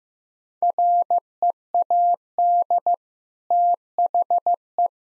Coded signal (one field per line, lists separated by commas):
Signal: Morse code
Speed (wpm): 15 wpm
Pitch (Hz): 700 Hz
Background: none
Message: READ THE